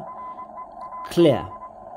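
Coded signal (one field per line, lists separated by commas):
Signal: Morse code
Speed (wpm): 23 wpm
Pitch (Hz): 1010 Hz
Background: speech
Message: REAL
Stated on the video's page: CW received on a Xiegu X6100 running firmware v1.1.5.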